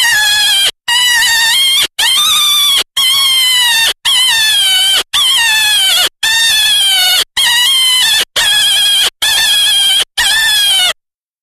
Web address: Jackrabbit. Distress